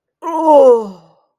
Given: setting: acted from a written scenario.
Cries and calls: vocal sound without words; disgust

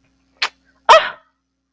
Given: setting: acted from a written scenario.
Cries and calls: vocal sound without words; anger

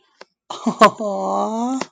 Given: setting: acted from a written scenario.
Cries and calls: vocal sound without words; adoration

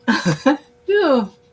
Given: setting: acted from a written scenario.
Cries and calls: vocal sound without words; relief

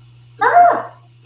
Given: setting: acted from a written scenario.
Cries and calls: vocal sound without words; fear

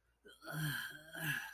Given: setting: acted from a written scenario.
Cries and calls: vocal sound without words; disgust

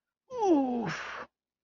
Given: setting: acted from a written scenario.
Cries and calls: vocal sound without words; pain

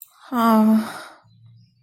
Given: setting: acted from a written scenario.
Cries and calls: vocal sound without words; guilt

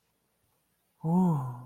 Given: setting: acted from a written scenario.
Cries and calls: vocal sound without words; relief

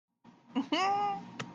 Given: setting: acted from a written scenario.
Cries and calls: vocal sound without words; amusement

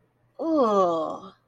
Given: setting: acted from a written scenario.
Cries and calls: vocal sound without words; disgust

